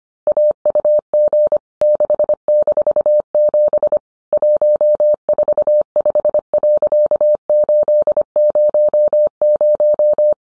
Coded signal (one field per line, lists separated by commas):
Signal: Morse code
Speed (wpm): 25 wpm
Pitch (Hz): 600 Hz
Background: none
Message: AUG 6-7 145.800